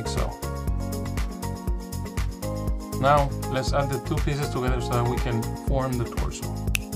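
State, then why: Seated. Over background music, someone talks while pushing a 3D-printed PLA chest assembly onto a PLA waist/hips assembly to form the torso of a Deadpool Dummy 13 model. A loud, sharp snap at 6.8 s marks the two pieces seating together.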